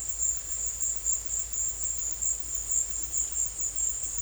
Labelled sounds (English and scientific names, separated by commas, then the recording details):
none
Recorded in dense forest near Puerto Asís, Putumayo, Colombia, on 20 December 2024 at 14:00
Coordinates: 0.482, -76.320
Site G021